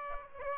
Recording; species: mosquito wingbeat signal from an infrared sensor; Aedes aegypti